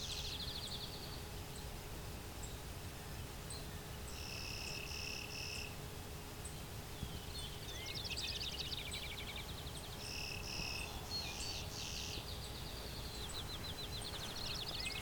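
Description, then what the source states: Clay-colored Sparrow song: two short series of dry, flat buzzes several seconds apart, mixed with other birds' trills and chirps over a low rumble. One bird singing about 20 feet in front of the recordist along a hydro corridor near Westover, Ontario, late June morning; low-pitched song hard to hear even up close; two birds present.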